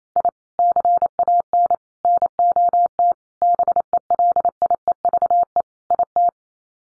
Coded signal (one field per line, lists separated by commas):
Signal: Morse code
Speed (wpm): 28 wpm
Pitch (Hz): 700 Hz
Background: none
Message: I CAN NOT BELIEVE IT